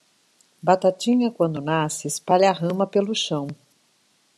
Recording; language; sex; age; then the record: short text; Brazilian Portuguese; female; 60 to 69 years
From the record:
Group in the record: control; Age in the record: 65 years